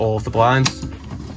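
Someone talks while handling the fly net blind in a window frame of a RollerTeam Zefiro 690 motorhome, pulling it down toward its latch. A brief broadband rustle near 0.7 s gives way to quieter handling noise. Nothing has seated or clicked yet.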